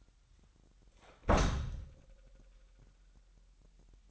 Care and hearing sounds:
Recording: daily activity, microphone in the room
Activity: close door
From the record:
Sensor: 3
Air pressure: 998.4 hPa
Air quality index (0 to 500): 140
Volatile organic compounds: 4 ppm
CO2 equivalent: 1677 ppm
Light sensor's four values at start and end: 16/46/18/17 and 16/46/18/17

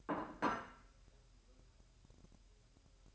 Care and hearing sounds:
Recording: daily activity, microphone in the room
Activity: place plate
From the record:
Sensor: 2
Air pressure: 1001.9 hPa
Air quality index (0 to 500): 249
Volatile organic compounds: 40 ppm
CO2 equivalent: 3156 ppm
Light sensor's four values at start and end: 8/28/10/10 and 8/28/10/10

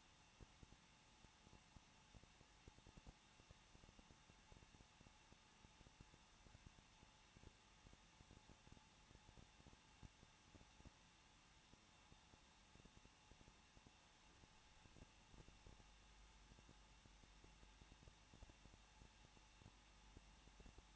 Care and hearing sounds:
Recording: daily activity, microphone in the room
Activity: no activity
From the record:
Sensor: 1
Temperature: 20.1 degrees Celsius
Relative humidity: 39.1%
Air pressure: 1006.6 hPa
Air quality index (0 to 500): 216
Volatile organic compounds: 72 ppm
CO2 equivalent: 3537 ppm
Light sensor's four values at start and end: 1/2/1/1 and 1/2/1/1

